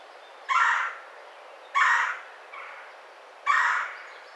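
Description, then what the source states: Red-bellied woodpecker call: three harsh, rolling churr notes, each about half a second long, spaced over a second apart. Recorded on 30 May 2009.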